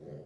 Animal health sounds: pig call; piglet (1 to 25 days)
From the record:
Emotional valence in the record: negative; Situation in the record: long isolation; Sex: female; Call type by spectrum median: low-frequency call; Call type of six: low-frequency stable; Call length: 0.26 s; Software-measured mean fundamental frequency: 52 Hz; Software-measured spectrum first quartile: 161 Hz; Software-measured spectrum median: 325 Hz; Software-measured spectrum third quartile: 479 Hz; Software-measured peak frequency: 429 Hz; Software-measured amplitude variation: 98 dB a second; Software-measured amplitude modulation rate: 17.6 a second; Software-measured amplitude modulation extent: 5.6 dB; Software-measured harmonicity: -0.2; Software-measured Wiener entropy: 0.32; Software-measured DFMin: 1156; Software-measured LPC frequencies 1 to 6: 484, 1862, 3114, 4683, 6008, 6826 Hz

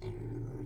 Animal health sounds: pig call; weaner (32 to 43 days)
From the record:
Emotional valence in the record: positive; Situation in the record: positive conditioning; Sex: female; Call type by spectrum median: low-frequency call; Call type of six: low-frequency stable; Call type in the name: low-frequency stable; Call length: 0.66 s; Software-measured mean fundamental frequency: 39 Hz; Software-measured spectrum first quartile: 103 Hz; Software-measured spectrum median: 192 Hz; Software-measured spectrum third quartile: 378 Hz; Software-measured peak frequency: 115 Hz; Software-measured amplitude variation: 114 dB a second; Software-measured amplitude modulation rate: 24.2 a second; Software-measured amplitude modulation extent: 4.7 dB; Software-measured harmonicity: -3.1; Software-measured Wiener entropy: 0.14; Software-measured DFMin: 828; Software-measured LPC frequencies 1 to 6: 322, 2183, 3465, 4250, 6001, 6491 Hz

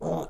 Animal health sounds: pig call; piglet (1 to 25 days)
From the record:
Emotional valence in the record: negative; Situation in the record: long isolation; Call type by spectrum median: low-frequency call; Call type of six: low-frequency stable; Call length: 0.30 s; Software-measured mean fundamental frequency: 53 Hz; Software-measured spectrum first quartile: 243 Hz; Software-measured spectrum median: 469 Hz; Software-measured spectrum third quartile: 680 Hz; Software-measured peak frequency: 486 Hz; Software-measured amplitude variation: 108 dB a second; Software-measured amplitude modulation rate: 16.6 a second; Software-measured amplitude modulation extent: 6.5 dB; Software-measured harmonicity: 1.1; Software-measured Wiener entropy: -0.39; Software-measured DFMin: 1009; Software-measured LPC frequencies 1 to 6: 590, 3553, 4944, 6373, 6846, 8836 Hz

